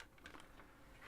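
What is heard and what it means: A plastic or metal part of a 1:8 scale Ferrari 312 T4 model car kit is pushed into its mounting socket after a tight fit. Sharp clicks are heard at 0.0 and 0.3 seconds among soft rubbing and scraping. The part goes in but is not fully home yet.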